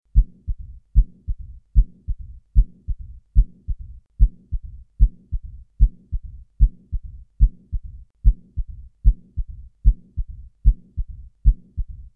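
A steady heart rhythm runs at about 75 beats a minute, with low, rumbling and blowing sound filling the gaps after each beat. These are the murmurs of combined mitral stenosis and mitral insufficiency, where the mitral valve is both narrowed and leaking.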